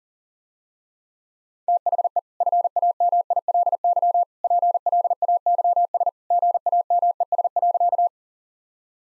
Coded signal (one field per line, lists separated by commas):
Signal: Morse code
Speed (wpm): 40 wpm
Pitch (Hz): 700 Hz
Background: none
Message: THE FAMILY PLAYS GAMES.